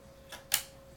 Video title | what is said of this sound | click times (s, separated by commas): Dell 1720 Memory Upgrade- 2GB to 4GB | push it down until it clicks you can hear that clicking sound you just push it down till it clicks | 0.5 s